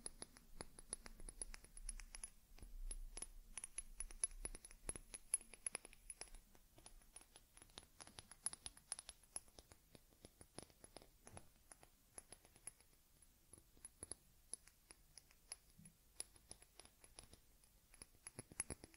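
Teddy is groomed with fur combing and brushing, heard as a dense, irregular run of tiny crisp clicks and scratches throughout. The taps come fast, some sharper than others, over a faint low hum, with a thin steady high whine running across the whole clip.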